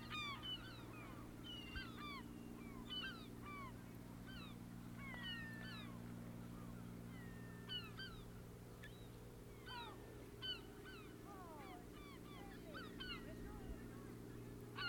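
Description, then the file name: Many gulls giving short mewing and squealing calls, some drawn-out and downslurred, scattered throughout above a constant low droning hum. "Seagulls"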